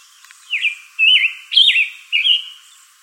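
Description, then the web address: Scarlet tanager song: four hoarse, slurred phrases repeated at an even pace of about two per second, burry in tone. Arizona, 22 June 2012. "Tanagers AZFO SCTA stejskal 062212"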